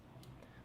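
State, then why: Seated. A push-button fold-over clasp on a steel jubilee bracelet of a Phoibos Nebula watch is worked, giving two short, crisp metallic clicks at 0.2 s and 0.4 s over a low steady background hum. The clasp clicks shut and seats, though it is not certain whether the clicks come from the clasp closing or opening.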